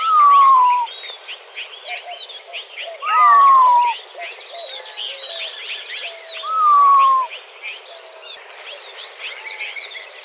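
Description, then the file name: Montezuma quail call: three loud, slurred whistles falling in pitch, a few seconds apart, over a busy chorus of higher chirping birds. Recorded in Arizona on 17 May 2004. "MONTEQUAIL 1 deviche"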